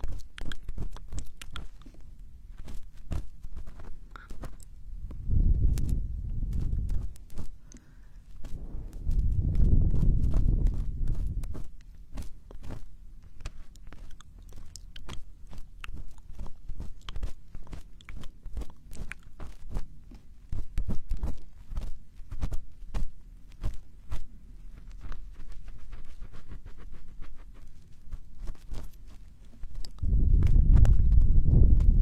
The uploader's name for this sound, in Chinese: 掏耳朵